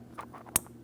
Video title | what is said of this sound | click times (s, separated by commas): How to Replace VVT Solenoids 2007-2014 Ford Edge 3.5L | Press it in. Audible click there. | 0.6 s